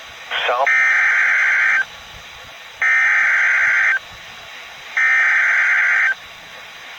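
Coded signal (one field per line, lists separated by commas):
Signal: Emergency Alert System (SAME) tones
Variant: header bursts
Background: speech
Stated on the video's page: Tornado warning for Southern Illinois from NWS Paducah, Kentucky, broadcast on NOAA Weather Radio.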